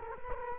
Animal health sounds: mosquito wingbeat signal from an infrared sensor; Culex quinquefasciatus

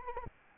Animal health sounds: mosquito wingbeat signal from an infrared sensor; Anopheles arabiensis

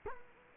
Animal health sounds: mosquito wingbeat signal from an infrared sensor; Culex quinquefasciatus

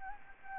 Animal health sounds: mosquito wingbeat signal from an infrared sensor; Anopheles gambiae

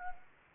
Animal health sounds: mosquito wingbeat signal from an infrared sensor; Anopheles arabiensis

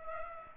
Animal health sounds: mosquito wingbeat signal from an infrared sensor; Culex pipiens

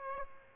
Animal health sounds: mosquito wingbeat signal from an infrared sensor; Aedes aegypti

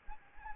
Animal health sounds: mosquito wingbeat signal from an infrared sensor; Anopheles arabiensis

